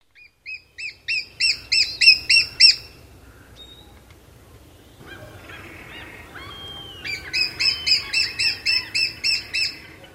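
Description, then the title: Lesser spotted woodpecker giving a shrill, evenly spaced kee-kee-kee series of about ten high notes, a short pause, then a second longer series. Shrill call, heard in April almost anywhere, even in towns, city parks and apartment-block yards; April courtship calling; may recall a wryneck's call. "Viikon luontoääni: Pikkutikka"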